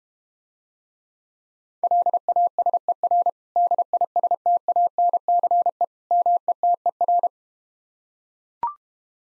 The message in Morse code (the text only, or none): LASER DISTANCE METER